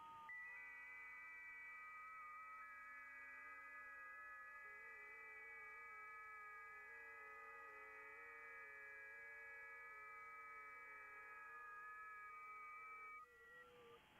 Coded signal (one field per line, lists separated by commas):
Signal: FT8